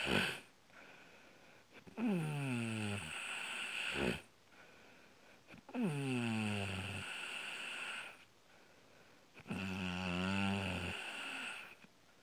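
Three long, loud snores come roughly every three and a half seconds, about 16 breaths a minute. Each is a buzzing, rattling intake of breath that slides downward in pitch, with quiet breathing in between. Heavy snoring and breathing.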